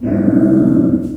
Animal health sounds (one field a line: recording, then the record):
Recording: squeal of a Yucatan mini pig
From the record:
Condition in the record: after surgery on the right vocal fold (resection and tissue-engineered implant)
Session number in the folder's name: 5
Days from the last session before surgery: 33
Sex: female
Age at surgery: 19 weeks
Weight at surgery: 25 kg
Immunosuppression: prednisolone